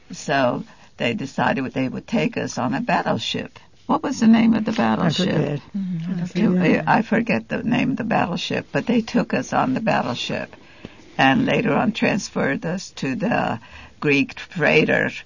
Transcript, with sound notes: So they decided they would take us on a battleship. What was the name of the battleship? ( discussion amongst the sisters ) I forget the name of the battleship, but they took us on the battleship, and later on transferred us to the Greek freighter.